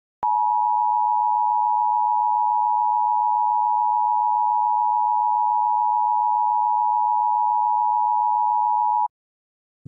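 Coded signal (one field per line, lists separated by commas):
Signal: Emergency Alert System (SAME) tones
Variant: 853 and 960 Hz attention tone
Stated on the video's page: Fictional EAS scenario of a Yellowstone caldera eruption; not real.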